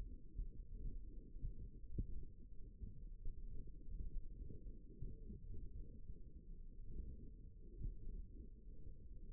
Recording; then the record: forearm muscle sounds (acoustic myography)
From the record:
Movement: ulnar deviation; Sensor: system 1, eight BSWA MPA416 microphones around the upper forearm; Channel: 2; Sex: female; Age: 21 years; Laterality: right